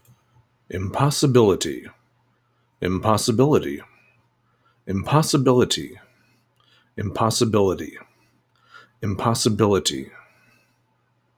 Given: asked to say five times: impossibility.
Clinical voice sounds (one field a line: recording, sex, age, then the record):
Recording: repeated word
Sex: male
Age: 40 to 49 years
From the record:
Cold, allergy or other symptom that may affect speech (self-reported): no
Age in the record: 46 years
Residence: New York, United States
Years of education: 12